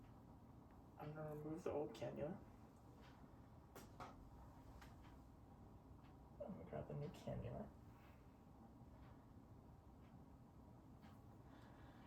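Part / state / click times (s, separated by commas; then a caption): inner cannula into tracheostomy tube / not seated / none. Someone talks while a new inner cannula is picked up and lined up with a tracheostomy tube, ready to be pushed in until it clicks. Faint handling taps are heard between the spoken phrases. Nothing has seated or clicked yet.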